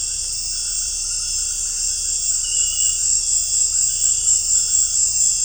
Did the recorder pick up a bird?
no